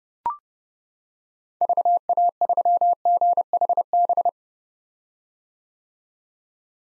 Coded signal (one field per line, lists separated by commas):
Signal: Morse code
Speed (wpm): 30 wpm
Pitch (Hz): 700 Hz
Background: none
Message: VA3GHB